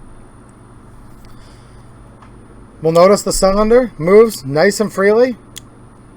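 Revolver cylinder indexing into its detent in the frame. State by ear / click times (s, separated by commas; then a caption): seated / 5.6 s. Someone talks while turning the steel cylinder of a Russian 1895 Nagant revolver by hand, and the cylinder moves freely as it indexes into each chamber position against a detent in the frame. A short, sharp click at 5.6 s marks the cylinder seating into position with a positive click.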